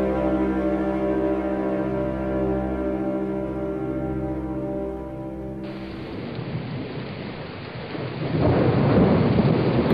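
A steady, humming tonal drone gives way midway to a heavy rainstorm on the way into a cemetery: dense, hissing rain with strong wind and low rumbling thunder that swells louder toward the end, with no voices.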